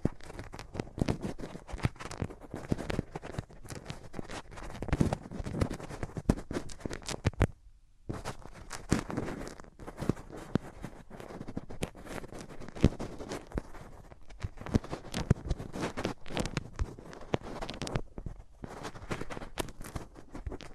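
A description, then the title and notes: Hands rub over ears close up, producing a dense, crackling scratch of skin and friction that runs almost without pause. The rubbing pulses in quick, uneven strokes, with a brief full silence around the eight-second mark before it resumes just as busily. ASMR Rubbing Your Ears in My Hands Sensitive, Close Up Triggers (No Talking).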